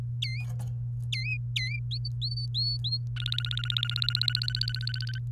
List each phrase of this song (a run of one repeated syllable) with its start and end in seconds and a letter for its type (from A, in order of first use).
0.22-0.44 A, 1.12-1.79 A, 1.91-2.98 B, 3.16-5.18 C